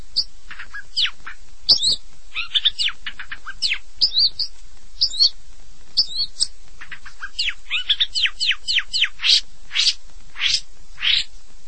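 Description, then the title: Long-tailed shrike song, a varied run of sweeping whistles and scratchy notes, some slurring sharply down, others rising, in an uneven flowing stream. "Kicau Burung Pentet"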